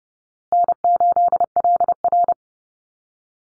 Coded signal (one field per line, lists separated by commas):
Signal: Morse code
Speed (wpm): 30 wpm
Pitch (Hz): 700 Hz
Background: none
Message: N8LR